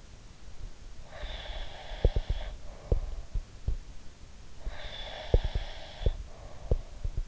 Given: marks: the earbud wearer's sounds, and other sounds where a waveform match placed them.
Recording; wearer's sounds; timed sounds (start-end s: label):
sounds in sleep by an in-ear microphone; breath
1.09-3.47 s: breath
2.01-3.84 s: sound from someone else or the room
4.53-7.23 s: breath
4.61-7.27 s: sound from someone else or the room